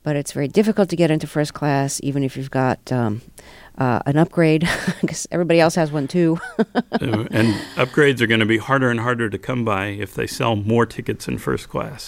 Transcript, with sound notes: But it's very difficult to get into first class, even if you've got an upgrade, 'cause everybody else has one, too (laughs)
And upgrades are going to be harder and harder to come by if they sell more tickets in first class.